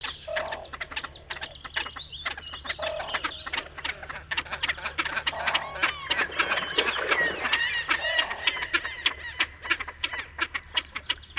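Bird calls in a busy, overlapping stream of short clucking notes and sharp clicks, with quick upswept chirps clustering midway and a faint steady low hum underneath.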